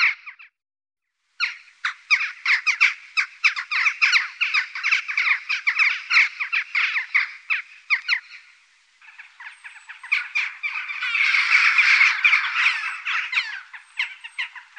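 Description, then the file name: Jackdaw calls: a long run of short, sharp, scratchy notes repeated rapidly for several seconds, then a denser burst of rough, overlapping harsh noise. "Kaja"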